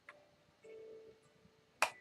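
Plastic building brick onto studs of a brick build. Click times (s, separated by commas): 1.8 s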